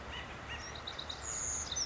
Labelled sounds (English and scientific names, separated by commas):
Acorn Woodpecker (Melanerpes formicivorus)